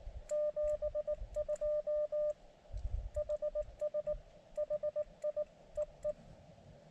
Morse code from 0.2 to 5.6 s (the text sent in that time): 72 HS HI